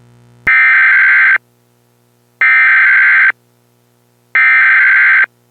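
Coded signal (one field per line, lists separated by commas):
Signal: Emergency Alert System (SAME) tones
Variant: header bursts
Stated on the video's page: Fictional EAS scenario with SAME tones about World War III, with sudden extremely loud noises.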